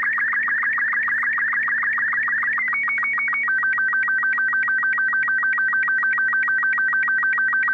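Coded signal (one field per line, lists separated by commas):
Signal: SSTV (slow-scan television)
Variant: Robot 36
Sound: fast, regular warbling tone around 1.5-2 kHz with rhythmic low blips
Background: low electrical hum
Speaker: then we're gonna send this with the decoded message to the receiver over here that decodes the robot 36 mode sstb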